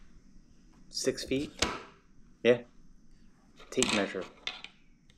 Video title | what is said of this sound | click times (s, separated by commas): Dumpster Thriving | snaps into place | 4.5 s